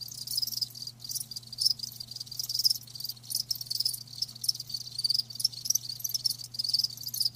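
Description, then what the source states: Crickets trilling in high-pitched bursts that pulse irregularly, with a faint low hum below. Live crickets chirping, a lulling song.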